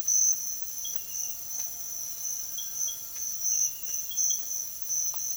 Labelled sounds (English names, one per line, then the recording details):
none
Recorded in secondary vegetation near Puerto Asís, Putumayo, Colombia, on 23 June 2025 at 05:30
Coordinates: 0.500, -76.326
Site GP08